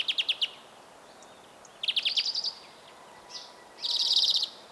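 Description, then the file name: European greenfinch giving quick chattering trill bursts, a short nasal note and a dense buzzy rattle near the end, separated by brief pauses. "Chloris chloris"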